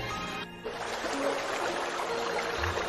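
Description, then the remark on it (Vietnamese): Cold water drips and trickles onto a person's face in a woodshed, a steady, hissing wash of sound, with a brief drop in the noise early on before the flow resumes evenly. No one speaks. “Tai Địch Dân nghe thấy tiếng nước tí tách, trên mặt có cái gì lạnh ngắt đang nhỏ xuống, đau đau, rồi cảm thấy lạnh, không có một chút sức lực nào.”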